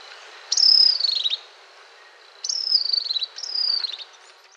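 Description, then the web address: Bird calling with three high, buzzy notes, each sliding downward, the first on its own and the last two close together, over a faint hiss. Song and call, recorded in Costa Rican cloud forest. "Birds of the Costa Rican Cloud Forest"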